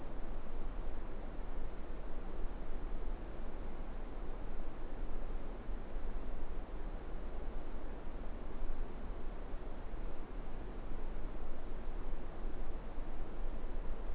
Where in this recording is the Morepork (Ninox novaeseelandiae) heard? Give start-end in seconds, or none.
none